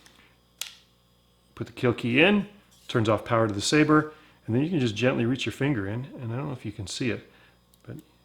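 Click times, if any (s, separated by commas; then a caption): 7.7 s. With the kill key in to cut power, a finger presses the micro SD card in the push-push slot of a lightsaber's sound board. Someone talks, then the slot clicks at 7.7 s with a few faint ticks after it, and the card is released.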